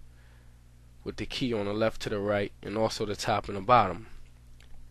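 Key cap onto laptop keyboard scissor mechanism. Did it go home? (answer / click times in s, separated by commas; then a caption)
no / none. A plastic key cap is lined up left-right and top-bottom over its scissor mechanism on a MacBook Pro laptop keyboard while someone talks over a low steady hum. Nothing has seated or clicked yet; the key cap has not snapped into place.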